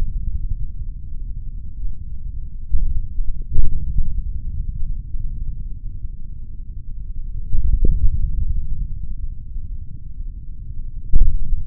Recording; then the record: forearm muscle sounds (acoustic myography)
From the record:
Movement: index flexion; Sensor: system 3, bracelet of six PUI Audio POM-2738L microphones around the upper forearm, with dedicated amplification and filtering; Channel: 1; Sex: male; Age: 26 years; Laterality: right